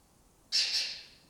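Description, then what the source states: Lesser kestrel gives one sharp rasping screech that begins suddenly, holds briefly and tails off quietly. Breeding colony in an abandoned building complex in Doñana, southern Europe; migratory birds that forage in West Africa.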